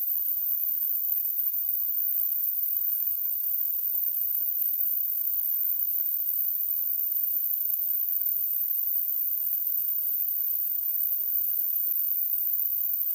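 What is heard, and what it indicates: Simulated tinnitus: a continuous, steady hissing noise with most of its energy in the high frequencies above 2 kHz, and a thin, very high-pitched tone near 15 kHz throughout.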